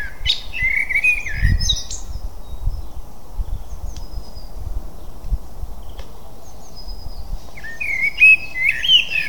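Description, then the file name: Eurasian blackbird song: a warbled fluty phrase at the opening, a long pause, then another warbled phrase near the end, over low rumbling noise. "Turdus merula"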